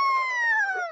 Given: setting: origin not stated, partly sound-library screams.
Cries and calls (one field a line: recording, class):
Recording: one-second piece from a danger detection set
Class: woman in danger